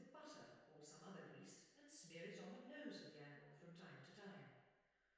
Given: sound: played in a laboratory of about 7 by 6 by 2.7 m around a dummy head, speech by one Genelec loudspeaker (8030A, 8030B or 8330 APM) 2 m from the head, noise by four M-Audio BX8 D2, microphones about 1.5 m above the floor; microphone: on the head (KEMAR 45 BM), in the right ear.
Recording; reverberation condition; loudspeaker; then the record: female speech in English; high; 120 degrees to the left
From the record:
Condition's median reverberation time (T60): about 1300 ms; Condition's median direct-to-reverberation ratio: about -4.0 dB